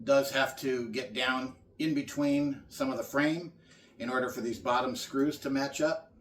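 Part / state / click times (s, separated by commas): metal cross bar into laser cutter frame / not seated / none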